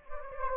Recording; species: mosquito wingbeat signal from an infrared sensor; Anopheles gambiae